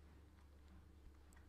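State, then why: Not seated. A power cable connector is handled at the locking input port of a transport power module, heard as faint rustles and small ticks over a steady low hum. Nothing has seated or clicked yet; the connector is not yet home.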